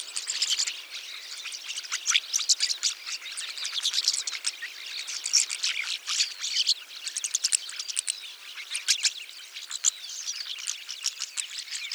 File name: jalak mawar